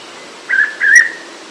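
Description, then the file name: Hooded pitta call, one pair of clear whistled notes, the second longer with a slight rise partway through, over a soft background hiss. "pitta sordida"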